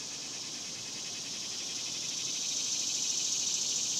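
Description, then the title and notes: Cicadas producing a dense, steady high-pitched buzz that grows a little louder over the final seconds. Daytime cicadas recorded outdoors in a cemetery in summer. "Ext, Daytime Cicadas, Cemetery, Summer by Bandeto"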